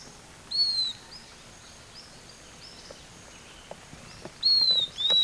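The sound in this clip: Bird calls, thin high whistles sliding slightly downward, one early and a louder pair near the end, over a faint background hiss.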